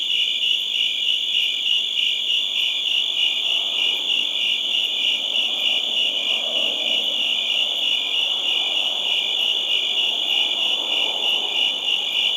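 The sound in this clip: Crickets produce a constant high pulsing chorus.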